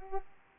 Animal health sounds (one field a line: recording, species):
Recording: mosquito wingbeat signal from an infrared sensor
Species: Culex pipiens